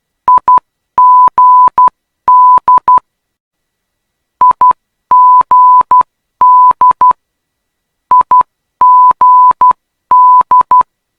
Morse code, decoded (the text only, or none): IGD IGD IGD